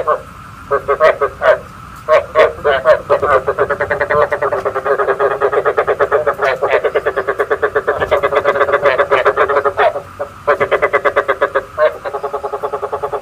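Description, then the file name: Frog chorus of fast rattling croaks, steady and nearly unbroken through most of the stretch, with a few sharp louder calls at the start. Male frogs calling, used to stimulate frogs to pair for breeding. "tieng ech duc keu kich thich ech ghep cap sinh san"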